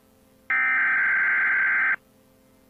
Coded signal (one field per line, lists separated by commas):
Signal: Emergency Alert System (SAME) tones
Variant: header bursts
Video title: eas scenario ???